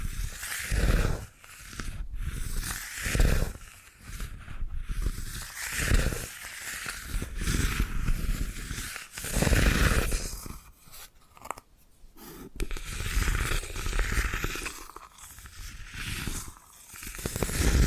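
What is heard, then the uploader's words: Dry bamboo handling: rough scratching and brushing strokes run through most of the clip, broken by sharper knocks and taps near 1, 2, 4, 6, 9 and 12 seconds. The strokes come in irregular bursts with brief quiet gaps, and the texture stays crisp and airy throughout. ASMR Brain Tingling Bamboo Tapping, Scratching and Brushing Sounds for Sleep (No Talking).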